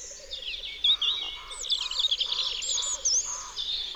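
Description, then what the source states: European robin warbling high, twittering phrases, accompanied by repeated soft lower notes and a low pulsing trill in the background. Recorded in Isère, France.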